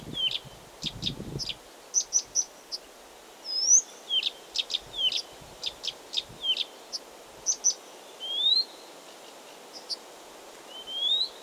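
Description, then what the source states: Blyth's reed warbler song: short clicking notes mixed with high upslurred whistles, delivered in slow, separated phrases with brief pauses between them. Recorded 16 June 2022.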